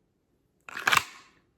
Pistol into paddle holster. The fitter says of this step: You hear that click?